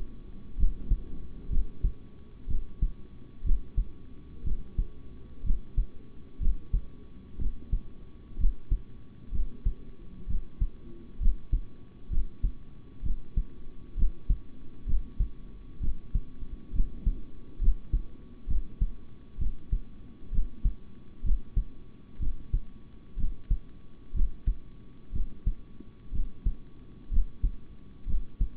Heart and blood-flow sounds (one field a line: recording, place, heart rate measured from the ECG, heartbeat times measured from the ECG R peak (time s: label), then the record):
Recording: heart sounds by stethoscope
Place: between the tricuspid and mitral areas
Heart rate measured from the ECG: 63 bpm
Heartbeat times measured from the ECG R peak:
0.56 s: heartbeat
1.49 s: heartbeat
2.47 s: heartbeat
3.43 s: heartbeat
4.43 s: heartbeat
5.43 s: heartbeat
6.39 s: heartbeat
7.38 s: heartbeat
8.37 s: heartbeat
9.31 s: heartbeat
10.27 s: heartbeat
11.19 s: heartbeat
12.09 s: heartbeat
13.02 s: heartbeat
13.96 s: heartbeat
14.85 s: heartbeat
15.80 s: heartbeat
16.72 s: heartbeat
17.60 s: heartbeat
18.47 s: heartbeat
19.38 s: heartbeat
20.31 s: heartbeat
21.23 s: heartbeat
22.19 s: heartbeat
23.16 s: heartbeat
24.13 s: heartbeat
25.12 s: heartbeat
26.11 s: heartbeat
27.10 s: heartbeat
28.06 s: heartbeat
From the record:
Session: rest, sitting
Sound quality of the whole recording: good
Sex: male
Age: 26 years